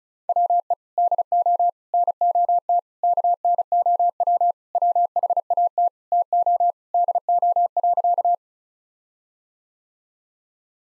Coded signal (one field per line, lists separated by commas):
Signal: Morse code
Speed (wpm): 36 wpm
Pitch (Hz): 700 Hz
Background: none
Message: WE DO NOT KNOW WHAT TO DO.